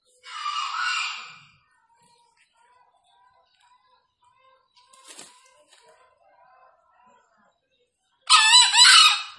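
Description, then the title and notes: Green junglefowl crowing: two short, harsh, hoarse bursts, one at the start and one at the end, with a faint steady tone and quiet pauses between. Wild Green junglefowl, released and set free, calling persistently from up in a tree; used as a lure for catching junglefowl. "Panggilan Ayam Hutan Liar. Keren Sekali Ayam Hutan Hijau Dilepas Bebas n Bunyi Gacor Diatas Pohon. Pemikat Ayam Hutan"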